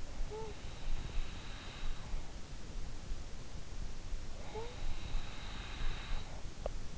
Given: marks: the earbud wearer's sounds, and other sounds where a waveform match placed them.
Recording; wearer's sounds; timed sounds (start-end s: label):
sounds in sleep by an in-ear microphone; breath
0.01-2.47 s: breath
4.02-6.98 s: breath